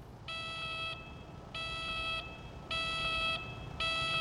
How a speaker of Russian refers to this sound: Так, эту сирену можно вырубить? Нет, только звук.